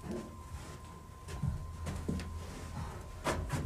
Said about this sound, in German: Da rein. Mach die Tür auf und geh da rein.